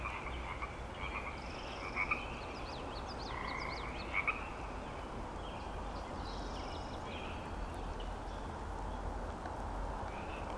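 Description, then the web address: Frog chorus with overlapping croaks, two louder calls breaking through around two and four seconds, plus scattered high chirps. Frog chorus on Grafton Lake, recorded 3 May 2009. "The Frog Chorus Tunes Up On Grafton Lake frogs edit 090503"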